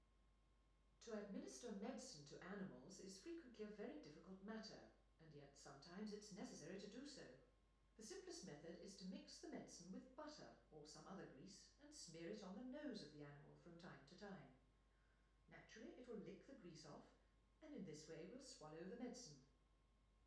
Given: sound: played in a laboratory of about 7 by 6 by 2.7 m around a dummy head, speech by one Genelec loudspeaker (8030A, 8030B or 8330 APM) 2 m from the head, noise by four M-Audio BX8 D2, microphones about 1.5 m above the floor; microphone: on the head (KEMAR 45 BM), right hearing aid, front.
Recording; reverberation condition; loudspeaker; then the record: female speech in English; medium; 90 degrees to the left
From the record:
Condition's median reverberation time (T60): about 510 ms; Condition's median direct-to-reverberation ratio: about -0.5 dB